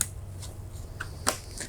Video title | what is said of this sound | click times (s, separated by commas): Dell PowerEdge R3930 Server Memory Spec Overview & Upgrade Tips -How to Configure & Install DDR4 RAM | and those two clicks let you know that the sides have come up completely and grabbed | 0.0 s, 1.3 s